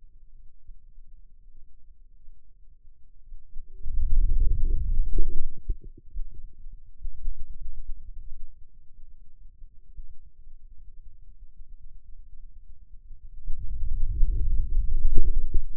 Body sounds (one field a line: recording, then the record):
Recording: forearm muscle sounds (acoustic myography)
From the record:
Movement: wrist flexion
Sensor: system 2, bracelet of six BSWA MPA416 microphones around the upper forearm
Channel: 5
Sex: male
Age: 22 years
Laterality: right